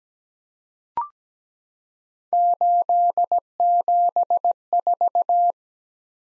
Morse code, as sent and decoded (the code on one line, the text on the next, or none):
---.. --... ....-
874